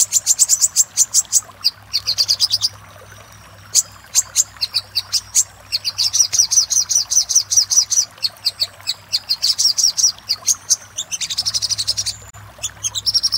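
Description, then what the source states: Little spiderhunter singing long sequences of rapid, high, sharp chips, some stretched into trills, broken by several short silent gaps; low hum in background. Master recording for training cage birds; labelled labaik.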